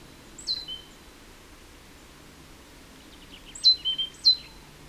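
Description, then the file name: Great tit giving short, high, downward-sliding notes, a brief pair early and then a quick run of three louder notes near the end. "Parus major"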